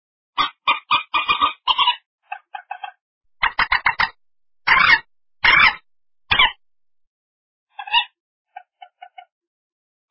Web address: black water chicken clear call